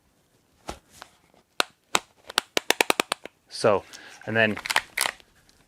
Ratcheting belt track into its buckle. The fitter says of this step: if you hear it click when you when you tighten it